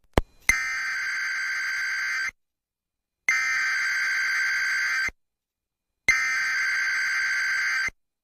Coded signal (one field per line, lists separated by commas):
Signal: Emergency Alert System (SAME) tones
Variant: header bursts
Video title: May 2008 EAS Test Ft. California Gaming